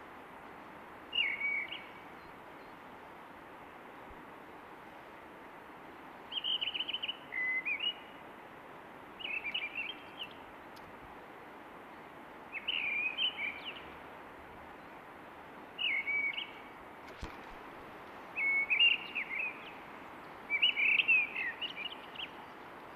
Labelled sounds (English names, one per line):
Mistle Thrush song